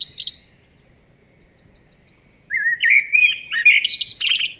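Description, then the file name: Eurasian blackbird with two brief high chirps, then a pause of about two seconds. A warbled phrase follows, rising into thin, scratchy twittering. "Turdus merula"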